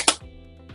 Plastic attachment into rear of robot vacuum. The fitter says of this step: avez entendu les deux clips cliquer ici